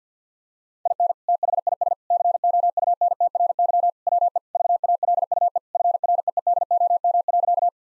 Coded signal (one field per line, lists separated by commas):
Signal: Morse code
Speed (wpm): 50 wpm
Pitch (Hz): 700 Hz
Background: none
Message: IN THIS COUNTRY WE VALUE FREEDOM.